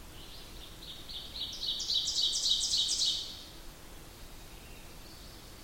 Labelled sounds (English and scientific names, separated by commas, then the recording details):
Ovenbird (Seiurus aurocapilla) song
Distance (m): 15 m
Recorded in boreal forest in Alberta, Canada, on 8 June 2016 at 08:35
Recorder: SongMeter 3, array SBT-3-9
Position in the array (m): 46 m, 112 m
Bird 33